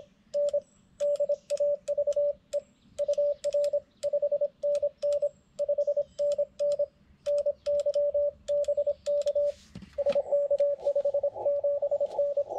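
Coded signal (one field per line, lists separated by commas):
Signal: Morse code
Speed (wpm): 25 wpm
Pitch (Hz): 580 Hz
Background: radio noise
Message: N DAVE UR 5NN 5NN NY BK SK 57N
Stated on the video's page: CW POTA activation from a rare park on 40m and 80m with a Xiegu G90, keyed with a BaMaTech TP-III paddle.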